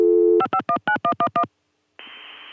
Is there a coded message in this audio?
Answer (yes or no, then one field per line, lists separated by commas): yes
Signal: DTMF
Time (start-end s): 0.4-1.4 s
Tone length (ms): 80 ms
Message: 5519111